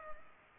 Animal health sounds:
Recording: mosquito wingbeat signal from an infrared sensor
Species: Culex pipiens

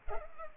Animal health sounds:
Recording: mosquito wingbeat signal from an infrared sensor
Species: Culex pipiens

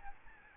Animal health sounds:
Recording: mosquito wingbeat signal from an infrared sensor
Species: Aedes albopictus

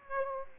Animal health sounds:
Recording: mosquito wingbeat signal from an infrared sensor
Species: Aedes aegypti

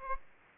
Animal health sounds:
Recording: mosquito wingbeat signal from an infrared sensor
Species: Aedes aegypti

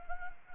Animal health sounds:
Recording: mosquito wingbeat signal from an infrared sensor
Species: Anopheles arabiensis

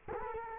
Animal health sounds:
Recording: mosquito wingbeat signal from an infrared sensor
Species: Culex quinquefasciatus

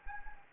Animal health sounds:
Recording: mosquito wingbeat signal from an infrared sensor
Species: Anopheles gambiae

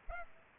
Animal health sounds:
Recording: mosquito wingbeat signal from an infrared sensor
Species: Culex pipiens

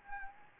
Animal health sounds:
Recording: mosquito wingbeat signal from an infrared sensor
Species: Anopheles gambiae

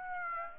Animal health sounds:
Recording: mosquito wingbeat signal from an infrared sensor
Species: Aedes aegypti

